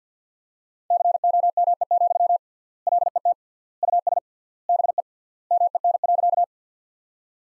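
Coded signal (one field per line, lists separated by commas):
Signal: Morse code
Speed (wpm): 50 wpm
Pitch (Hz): 700 Hz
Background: none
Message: COME, LET US BE MEN.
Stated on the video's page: Morse practice sentences from the top 300 words at 50 wpm with 3x word spacing, a word-level analogue of Farnsworth spacing, for head-copy training.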